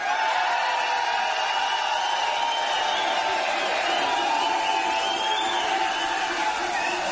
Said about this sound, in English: We got a very big crowd, and they're very loud. Show everybody how loud you guys can be. Go.